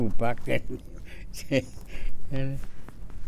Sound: chuckles

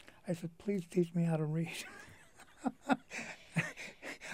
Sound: he laughs

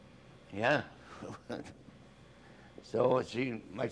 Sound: chuckles

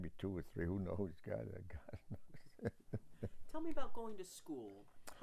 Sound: chuckles

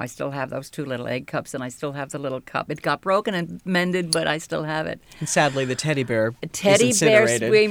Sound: none

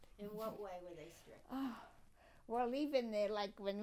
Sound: sighs

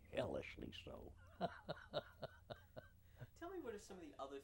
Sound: laughs

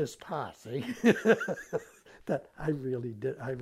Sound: laughs

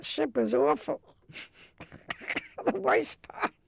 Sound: laughs

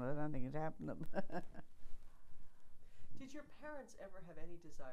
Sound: chuckles

